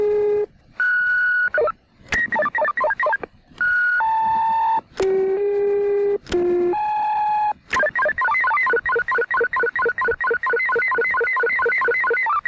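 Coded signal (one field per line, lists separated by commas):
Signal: two-tone page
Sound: buzzy steady tones changing pitch in sequence, then fast warbling alternating tone bursts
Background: radio static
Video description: Modulated tone sequences from a vintage pager transmitter recorded in 1982 in the United States at St. Petersburg Beach, Florida.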